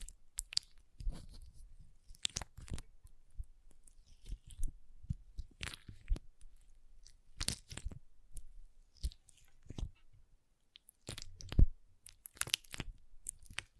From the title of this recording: Soothing & Deep Water Beads Sounds